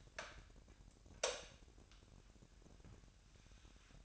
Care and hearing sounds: daily activity, microphone in the room; light on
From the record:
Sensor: 2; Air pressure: 1011.9 hPa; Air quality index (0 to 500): 217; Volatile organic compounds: 3 ppm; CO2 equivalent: 1528 ppm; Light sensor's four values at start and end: 11/26/11/12 and 16/44/18/18

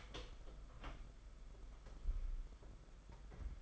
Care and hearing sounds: daily activity, microphone in the room; open door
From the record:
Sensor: 5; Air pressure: 991.8 hPa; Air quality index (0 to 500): 134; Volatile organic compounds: 82 ppm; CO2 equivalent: 3622 ppm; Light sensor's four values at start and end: 33/111/41/44 and 34/111/42/44

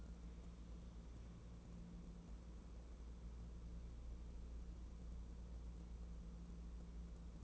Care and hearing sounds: daily activity, microphone in the room; wipe stove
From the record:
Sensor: 1

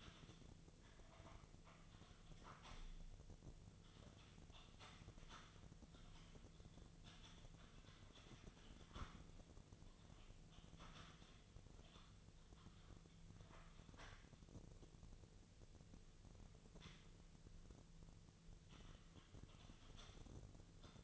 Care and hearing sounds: daily activity, microphone in the room; typing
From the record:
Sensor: 4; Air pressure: 1001.0 hPa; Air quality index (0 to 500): 141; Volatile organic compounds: 2 ppm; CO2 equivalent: 1041 ppm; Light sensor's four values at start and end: 26/63/26/27 and 26/62/26/27

